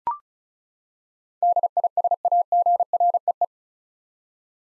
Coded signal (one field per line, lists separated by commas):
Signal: Morse code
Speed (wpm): 34 wpm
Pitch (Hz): 700 Hz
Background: none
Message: DISAGREE